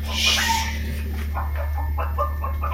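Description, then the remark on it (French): A golden chicken clucks in a string of short, uneven mid-pitched bursts over a steady low hum, with a brief hiss at the start and no voices. “Sa très grande sainteté nous fait dire qu'il s'incarne aujourd'hui en poulet d'or.”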